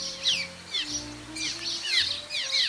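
Cliff Swallow calls: repeated bursts of squeaky, downward-slurred chirps over a faint low hum.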